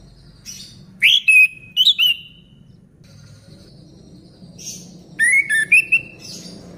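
Orange-headed thrush singing two short sets of slurred whistled notes, the second after a pause of a few seconds, in an otherwise quiet setting.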